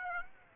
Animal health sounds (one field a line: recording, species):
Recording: mosquito wingbeat signal from an infrared sensor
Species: Aedes aegypti